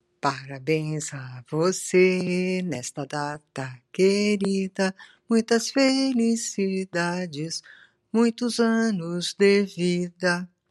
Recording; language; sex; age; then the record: short text; Brazilian Portuguese; female; 70 to 79 years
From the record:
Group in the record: control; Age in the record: 70 years